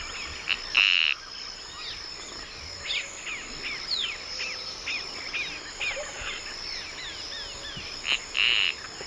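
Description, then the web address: White-bellied spinetail calling with a series of short, sharp downslurred notes, irregularly spaced, over a steady high insect drone and a couple of brief buzzy bursts. Recorded in the eastern lowlands of South America; includes both call and song. "Natures Songs S America Eastern Lowlands. Synallaxis propinqua, call and song"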